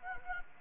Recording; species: mosquito wingbeat signal from an infrared sensor; Anopheles gambiae